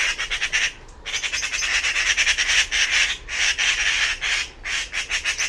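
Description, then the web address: Bird giving harsh, rattling chatter in noisy bursts of rapid grating notes, broken by short pauses. "cianscape birddata Deverinetal"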